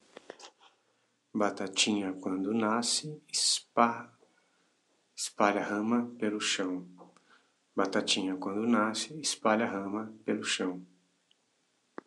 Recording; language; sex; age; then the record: short text; Brazilian Portuguese; male; 40 to 49 years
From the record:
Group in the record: control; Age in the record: 49 years